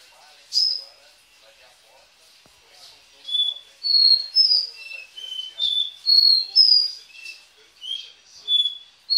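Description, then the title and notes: Belgian canary giving a single sharp note and a quiet stretch, then sweet whistled notes in quick succession at varying pitches. "Canario Belga"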